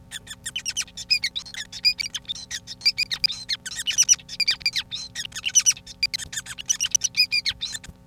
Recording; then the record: song of a male Bengalese finch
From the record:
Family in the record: son of father 5